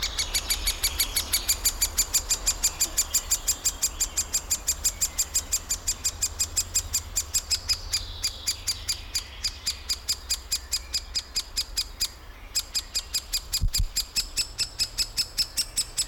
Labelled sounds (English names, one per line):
Great Spotted Woodpecker call